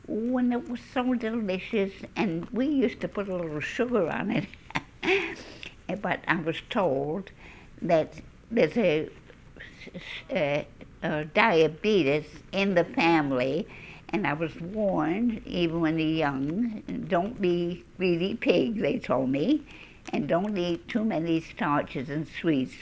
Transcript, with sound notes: Ooh, and it was so delicious. And we used to put a little sugar on it. ( she laughs ) But I was told that there's a diabetes in the family and I was warned, even when young, "Don't be really a pig," they told me, "and don't eat too many starches and sweets."